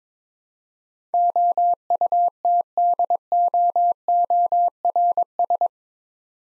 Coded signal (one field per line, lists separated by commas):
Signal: Morse code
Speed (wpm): 22 wpm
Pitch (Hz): 700 Hz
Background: none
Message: OUTDOORS